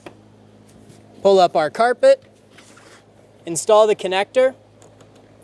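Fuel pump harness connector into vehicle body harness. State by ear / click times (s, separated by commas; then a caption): not seated / none. Someone talks while handling the plastic fuel pump harness connector under the pulled-up carpet of a 2010-2014 Subaru Outback 2.5L H4, about to plug it into the vehicle body harness. Only faint small ticks and handling noises are heard between the speech. Nothing has seated or clicked yet.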